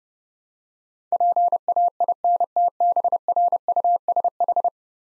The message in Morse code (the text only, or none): PAINTBRUSH